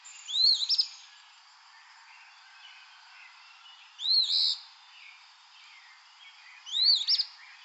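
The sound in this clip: Eastern phoebe song, a short two-part phrase given three times a few seconds apart.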